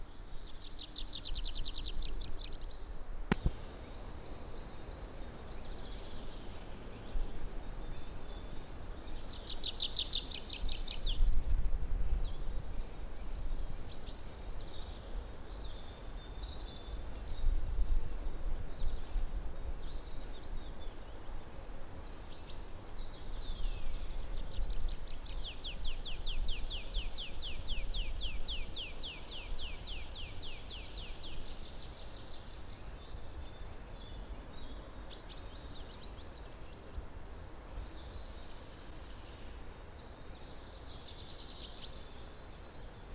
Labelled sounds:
Tree Pipit
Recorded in the wild
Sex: male
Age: adult
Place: Kanonenberge, Berlin, DE
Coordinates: 52.42, 13.61
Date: 1989-04-29
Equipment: Uher 4400 Report Monitor, Sennheiser ME 80, K 30 AV
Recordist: Fischer, Stefan

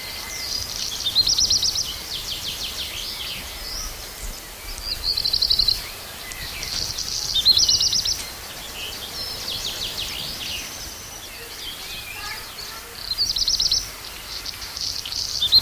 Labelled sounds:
Black Redstart song
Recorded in the wild
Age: adult
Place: Reinhardshagen (Weser), Hessen, DE
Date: 1990-06-16 13:49
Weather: overcast, 15° C
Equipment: Sony WM-D6C, Kopie Tesla B 116
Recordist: Tembrock, Günter
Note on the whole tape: Gesang

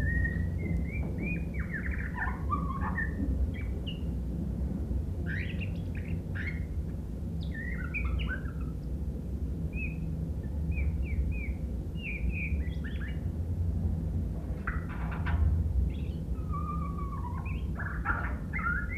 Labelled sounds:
White-rumped Shama song
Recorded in captivity
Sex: male
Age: adult
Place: Hannover, Niedersachsen, DE
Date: 1967-12-25
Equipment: Hornyphon Bandgerät, Phillips Mikrofon Type EL 6020
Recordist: Lütgens, Hans
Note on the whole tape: Verschiedene Aufnahmen im Zeitraum von 25.12.1967 bis 05.01.1968. Aufnahmen im Haus von Lütgens in Hannover entstanden

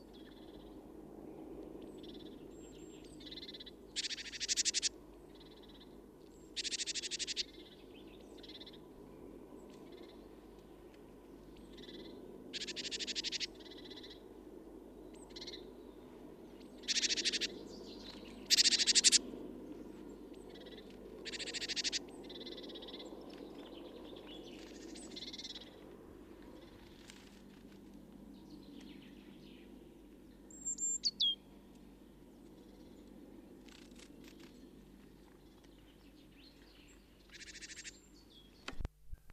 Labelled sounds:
Great Tit call
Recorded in the wild
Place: Kaiserslautern, Rheinland-Pfalz, DE
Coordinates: 49.4358, 7.8376
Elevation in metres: 282
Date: 1977-03-01
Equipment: Nagra IV, Sennheiser MKH 405, Parabolreflektor
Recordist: Tretzel, Erwin

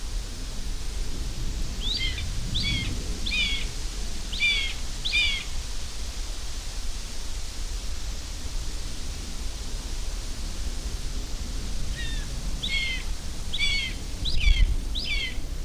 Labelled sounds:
Common Buzzard call
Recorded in the wild
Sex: diverse
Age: diverse
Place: Lübars (Fließtal), Berlin, DE
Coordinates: 52.6175, 13.3625
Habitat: forest
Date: 1998-07-26 16:33
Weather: heiter, 23°C
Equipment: Sony MD-WM MZ-R3, Sennheiser ME 80, Kopie Uher 4000 Report Monitor
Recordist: Tembrock, Günter
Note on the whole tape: Rufe flügger Jungvögel, am Waldrand sitzend mit Ortswechsel (auch Altvögel zu hören. Wäldchen, nahe der Benekendorffstraße

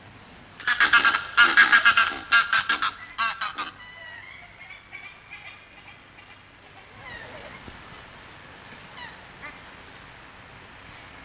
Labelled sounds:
Cape Barren Goose call
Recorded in captivity
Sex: pair
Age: adult
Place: Zoo Rostock, Mecklenburg-Vorpommern, DE
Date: 1984-02-02 14:30
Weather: overcast, 2°C
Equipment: Nagra SN, Kopie Uher 4000 Report Monitor
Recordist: Tembrock, Günter

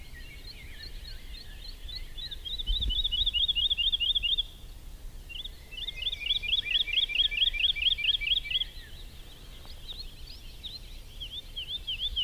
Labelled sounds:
Wood Lark song
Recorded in the wild
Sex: male
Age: adult
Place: Schönow, Naturpark Barnim, Brandenburg, DE
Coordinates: 52.6892, 13.5014
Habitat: wood
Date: 2005-05-28
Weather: clear, 16°C, no wind
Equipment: Edirol R-4, Sennheiser MKH 70, Windschutz
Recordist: Frommolt, Karl-Heinz
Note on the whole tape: Naturschutzgebiet Schönower Heide: Gesang, wahrscheinlich von Singwarte aus vorgetragen. Tier nicht gesehen

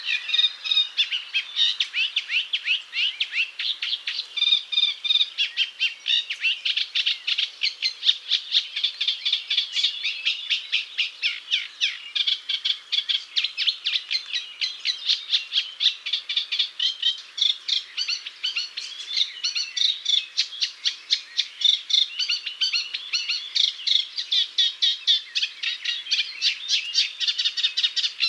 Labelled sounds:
Eurasian Reed Warbler song
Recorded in the wild
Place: Waltershofen / Freiburg im Breisgau, Baden-Württemberg, DE
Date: 1999-06-20
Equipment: MiniDisc Sony MZ-R35, Telinga DAT, Telinga-Parabolspiegel
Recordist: Schwarz, Dieter
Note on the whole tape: Song

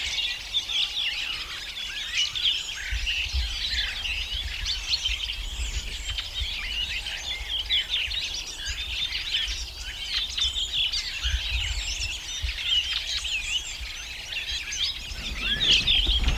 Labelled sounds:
Redwing song
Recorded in the wild
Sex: group
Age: adult
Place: Lüdersdorf, Barnim, Brandenburg, DE
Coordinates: 52.9222, 14.0772
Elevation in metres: 53
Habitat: copse
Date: 2006-04-13 19:24
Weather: overcast, 10°C, almost no wind
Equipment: Marantz PMD 671, Sennheiser MKH 70, Popschutz
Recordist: Frommolt, Karl-Heinz

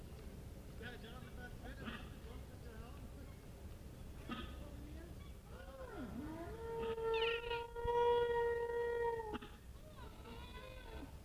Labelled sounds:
Wapiti
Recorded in captivity
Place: Tierpark Berlin, Berlin, DE
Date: 1967-09-02
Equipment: R 20/2, Sennheiser MD 421
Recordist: Tembrock, Günter

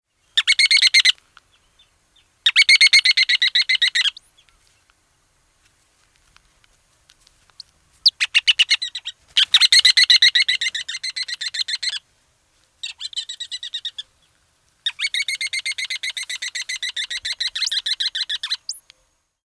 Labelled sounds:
Ruddy Turnstone
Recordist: Frommolt, Karl-Heinz
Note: Erregungsrufe in Nestnähe

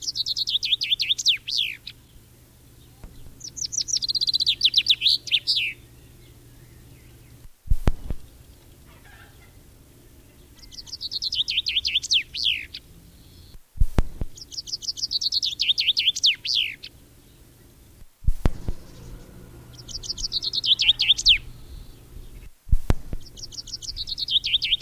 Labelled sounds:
Common Chaffinch song
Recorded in the wild
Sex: male
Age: adult
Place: Erlangen, Bayern, DE
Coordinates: 49.5675, 11.0142
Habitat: forest
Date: 1964-06-20
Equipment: Vollspur, Original
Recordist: Tretzel, Erwin
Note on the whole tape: Brucker Lache Teil Bruck - "KLSB" (Kleinsendelbach oder Kleinseebach?). Gesang mit Imitationen, Vorbild Gartengrasmücke (drei verschiedene Schläge)

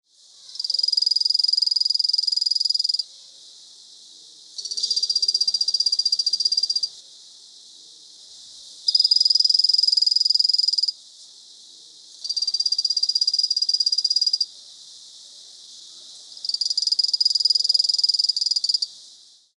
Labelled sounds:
Tricolor Poison Frog
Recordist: Tembrock, Günter
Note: Lautfolgen

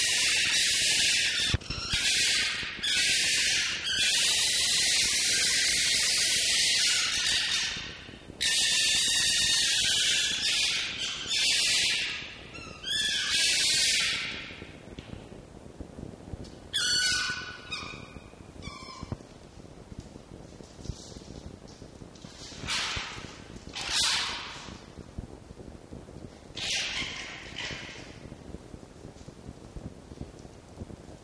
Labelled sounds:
Red Fox
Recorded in captivity
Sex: male
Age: subadult
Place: Zoologisches Institut der HUB, Berlin, DE
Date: 1954-11-18 17:25
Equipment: Elmetra
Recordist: Tembrock, Günter

